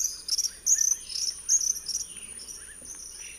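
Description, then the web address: Tropical kingbird calls: quick series of thin, high twittering chirps in bursts, some lower slurred notes between, with a constant shrill insect drone behind. South America, eastern lowlands. "Natures Songs S America Eastern Lowlands. Tyrannus melancholicus, calls"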